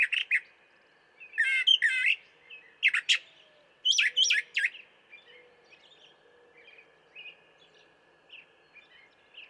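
Brown thrasher song opens with loud harsh phrases, several given twice, then trails off into quieter scattered notes over a steady faint tone.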